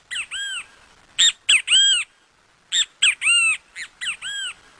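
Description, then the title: Great kiskadee calling in loud, harsh, arched notes with strong harmonics, grouped in bursts of two or three, the three-part phrase given three times with pauses between. Recorded outdoors in Parque Avellaneda. "Canto Del Benteveo Aula A Cielo Abierto Parque Avellaneda"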